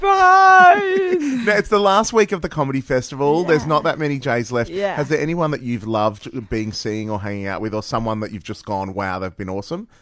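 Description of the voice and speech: An adult radio host speaks in a fluent, conversational interview style with a comedian, with lively pitch movement, clear consonants and steady, natural pacing. There are only brief pauses, and another voice briefly interjects with 'yeah.' This is ordinary, typical speech with no sign of a voice or speech disorder.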